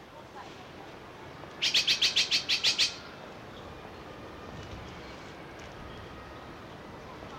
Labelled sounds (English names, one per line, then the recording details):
Iberian Magpie call
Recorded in captivity
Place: Zoo Berlin, Berlin, DE
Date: 1986-11-14 11:37
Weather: sunny 7 - 8°
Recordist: Tembrock, Günter